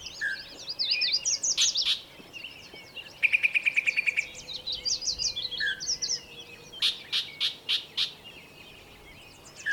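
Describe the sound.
Bird song: jumbled twitters, a quick trill of repeated notes, then a series of evenly spaced loud chips.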